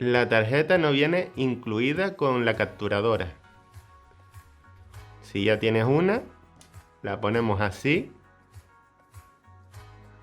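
A microSD card is held and lined up with the slot of a capture device, contacts facing down, before being pushed in. Someone talks over soft background music, and a faint handling sound comes at 4.9 s. Nothing has seated or clicked yet.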